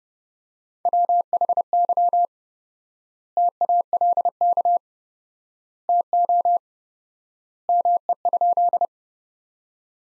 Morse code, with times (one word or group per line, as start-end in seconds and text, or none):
0.9-2.3 WHY
3.4-4.8 TALK
5.9-6.6 TO
7.7-8.9 ME?